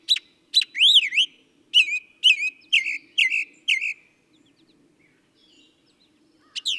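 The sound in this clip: Northern mockingbird singing varied phrases: looping whistles, then a run of slurred chirps, a pause, and a fresh sharp note at the end.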